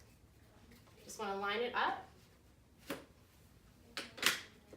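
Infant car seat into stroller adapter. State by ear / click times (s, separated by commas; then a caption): seated / 4.0 s, 4.3 s. Someone talks briefly while an infant car seat is lined up and lowered onto the plastic lower adapter of a Britax B-Ready G3 stroller. A soft knock comes at about 2.9 s, then sharp clicks at 4.0 s and 4.3 s as the seat latches onto the adapter and is seated.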